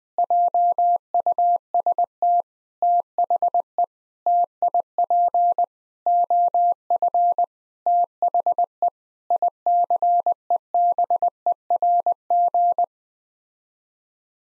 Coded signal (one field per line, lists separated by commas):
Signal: Morse code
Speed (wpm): 20 wpm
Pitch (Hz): 700 Hz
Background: none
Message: JUST THE TIP OF THE ICEBERG